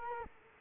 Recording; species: mosquito wingbeat signal from an infrared sensor; Culex quinquefasciatus